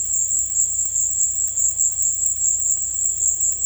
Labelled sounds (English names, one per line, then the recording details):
none
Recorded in dense forest near Puerto Asís, Putumayo, Colombia, on 19 February 2024 at 16:00
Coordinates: 0.487, -76.319
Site G6403